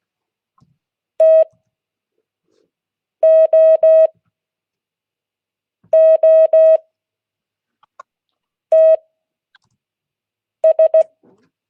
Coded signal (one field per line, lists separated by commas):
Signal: Morse code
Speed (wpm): 16 wpm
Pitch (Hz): 640 Hz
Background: none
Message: TOOTS